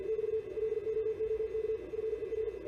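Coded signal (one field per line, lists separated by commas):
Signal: Morse code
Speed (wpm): 49 wpm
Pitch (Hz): 440 Hz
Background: none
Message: <BT> LOOK FER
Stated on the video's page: Morse code operated by youth ham radio operators.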